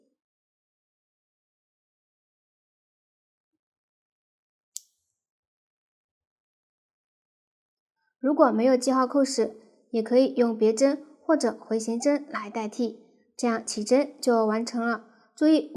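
A plastic locking stitch marker is clipped onto two edge loops on the last stitch of a crochet piece, and its clasp shuts with a single short, sharp click at 4.8 s in near silence. From about 8.3 s someone talks, and the marker stays closed on the stitch.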